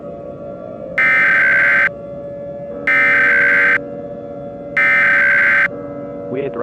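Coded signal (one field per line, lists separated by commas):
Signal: Emergency Alert System (SAME) tones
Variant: header bursts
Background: speech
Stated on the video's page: Fictional EAS scenario, not a real alert.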